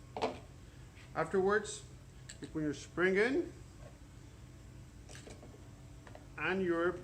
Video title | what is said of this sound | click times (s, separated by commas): [알재다브루잉] 세척살균기(Cleaner Sanitizer Injector) 사용법 -캐나다 Vintageshop 제작 | You gotta make sure it gets there and makes a click so it's not loose. | 0.2 s